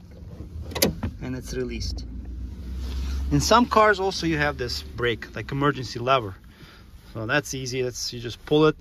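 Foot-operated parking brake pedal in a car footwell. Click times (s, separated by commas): 0.8 s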